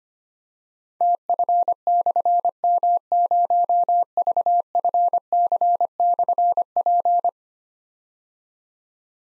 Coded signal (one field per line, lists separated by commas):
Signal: Morse code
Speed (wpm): 25 wpm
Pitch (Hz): 700 Hz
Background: none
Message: TF/M0VFC/P